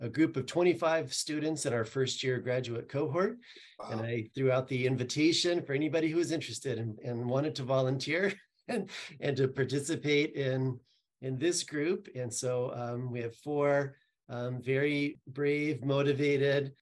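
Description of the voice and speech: One adult man speaks fluently at a steady, ordinary pace with a clear voice and normal articulation.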